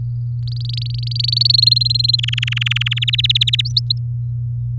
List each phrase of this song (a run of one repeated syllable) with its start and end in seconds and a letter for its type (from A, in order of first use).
0.47-1.52 A, 1.54-2.16 B, 2.19-2.94 C, 2.96-3.61 D, 3.65-3.72 E